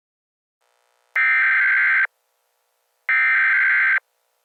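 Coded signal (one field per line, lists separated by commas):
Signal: Emergency Alert System (SAME) tones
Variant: header bursts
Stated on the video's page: Mock recreation of an April 2018 tornado warning EAS alert.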